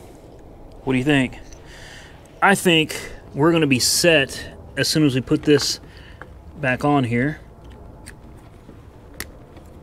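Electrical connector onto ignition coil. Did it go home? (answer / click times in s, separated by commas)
yes / 9.2 s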